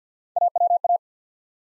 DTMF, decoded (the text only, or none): none